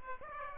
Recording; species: mosquito wingbeat signal from an infrared sensor; Aedes aegypti